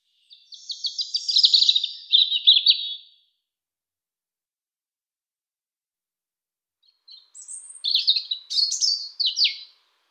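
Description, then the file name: European robin song: a thin, high warbling phrase, a long pause, then another varied phrase of high twitters. "pettirosso"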